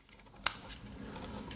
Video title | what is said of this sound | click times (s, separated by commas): Ikea 30W USB-C Fast Charger Sjoss | clunk and it's really solid locked in place | 0.5 s